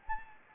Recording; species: mosquito wingbeat signal from an infrared sensor; Anopheles gambiae